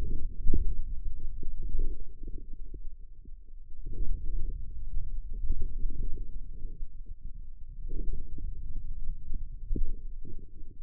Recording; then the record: forearm muscle sounds (acoustic myography)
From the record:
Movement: outward rotation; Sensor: system 2, bracelet of six BSWA MPA416 microphones around the upper forearm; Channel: 6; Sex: male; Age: 22 years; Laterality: right